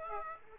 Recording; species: mosquito wingbeat signal from an infrared sensor; Aedes aegypti